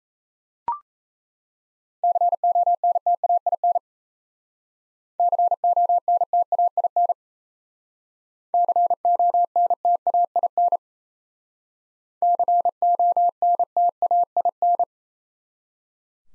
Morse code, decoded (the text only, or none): CONTAIN CONTAIN CONTAIN CONTAIN